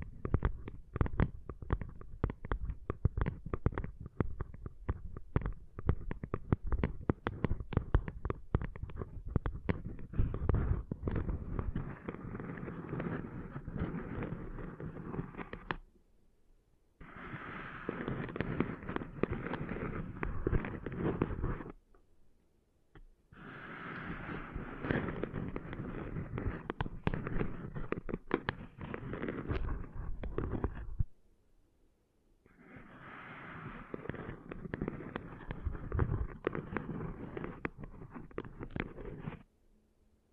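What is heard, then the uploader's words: Sand is cleaned out of ears with dense, rough crackling, steady for fifteen seconds, then three scratchy bursts split by brief silences. ASMR Cleaning Sand Out of Your Ears (No Talking).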